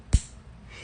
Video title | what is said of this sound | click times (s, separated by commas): Michael O'Connor Live with Carroll's Jewelers | And I don't know if you can hear that click, but | 0.1 s